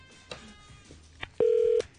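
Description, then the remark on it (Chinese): Telephone keypad tones as the RTHK radio station in Hong Kong dials a call: a couple of faint, quick blips, then one loud, steady electronic beep held for under half a second. No one speaks. “今日我哋又会啊打电话啦，准备咗两位朋友，唔知佢哋啊得唔得闲听我哋电话呢？”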